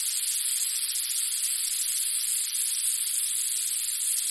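Rattlesnake rattle, a sustained buzzing hiss, even and unbroken throughout, with no other sounds.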